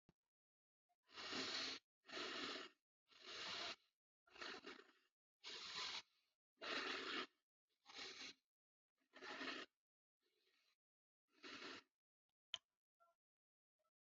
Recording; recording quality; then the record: shallow breathing; excellent, no background noise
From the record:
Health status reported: healthy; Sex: male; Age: 21 years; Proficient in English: yes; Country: India